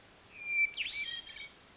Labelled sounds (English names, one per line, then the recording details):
Hermit Thrush
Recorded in Sonoma County, California